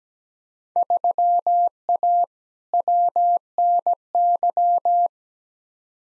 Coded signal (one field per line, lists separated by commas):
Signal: Morse code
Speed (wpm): 17 wpm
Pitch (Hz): 700 Hz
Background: none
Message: 3A WNY